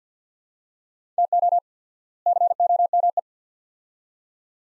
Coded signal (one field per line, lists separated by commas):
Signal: Morse code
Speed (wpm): 48 wpm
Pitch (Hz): 700 Hz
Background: none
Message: TO COME